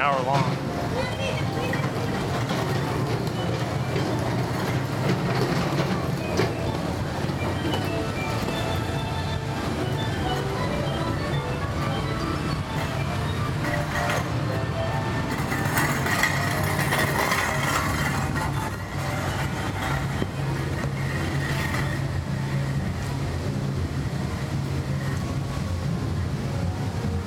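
Theme park ambience with a steady, dense rumble of machinery or a ride vehicle running under a crowd's murmur of voices. The level holds constant throughout, with brighter clattering and hissing bursts around 15 to 18 seconds and again near 22 seconds.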